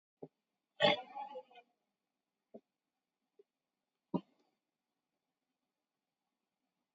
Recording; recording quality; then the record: shallow breathing; poor, much background noise or distortion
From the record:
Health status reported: COVID-19 positive, mild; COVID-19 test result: positive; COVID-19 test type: RT-PCR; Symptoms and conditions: cough, cold, hypertension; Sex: male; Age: 56 years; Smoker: no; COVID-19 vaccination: both doses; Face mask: worn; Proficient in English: yes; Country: India